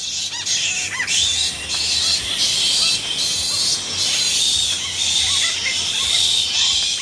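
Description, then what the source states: Egyptian fruit bats screeching, a dense, harsh, high-pitched squabble that continues without a break, over a faint low hum. Played example of Egyptian fruit bat screeching arguments.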